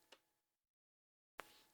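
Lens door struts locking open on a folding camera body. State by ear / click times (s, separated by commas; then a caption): seated / 1.4 s. The lens door of a Zeiss Ikon Contina II folding film camera is pulled fully open, with a soft tick near 0.1 s, then near-silence until a sharp click at 1.4 s. The door's struts lock into place in the open position.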